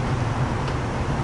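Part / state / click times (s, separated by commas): window screen into van window frame / not seated / none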